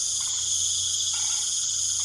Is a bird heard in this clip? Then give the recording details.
no. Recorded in pastures near Puerto Asís, Putumayo, Colombia, on 21 March 2025 at 19:30. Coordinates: 0.487, -76.322. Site G077